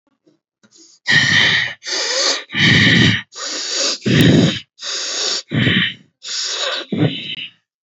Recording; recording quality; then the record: deep breathing; excellent, no background noise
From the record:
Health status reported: healthy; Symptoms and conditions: diabetes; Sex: male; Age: 40 years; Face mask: not worn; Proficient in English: yes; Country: India